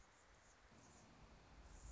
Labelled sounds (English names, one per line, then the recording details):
Anna's Hummingbird
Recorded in Sonoma County, California